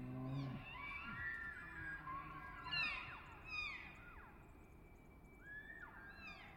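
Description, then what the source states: Elk bugling, overlapping high squealing whistles with falling tails, a lower groaning call at the start, and more calls later over steady background noise. Two bulls challenging over cows and territory not long after dawn, behind a stand of Ponderosa Pine; Colockum Wildlife Area at the border of Coffin Game Reserve, last week before firearm hunting season.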